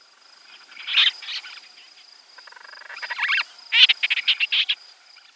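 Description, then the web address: Madeiran storm petrel chattering call: scratchy bursts near one and three seconds, then a quick run of several harsh pulses, with a faint steady high whine throughout. "Schulze Peter Madeiran Storm Petrel"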